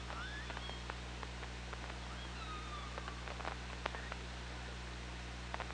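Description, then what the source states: Killer whale calls: a few faint gliding whistles, one sweeping down and one long level tone, among scattered clicks over a constant low hum. Underwater hydrophone at OrcaLab, 24 August 2017, about 15:53.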